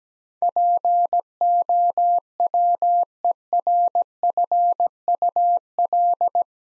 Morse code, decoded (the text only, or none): POWERFUL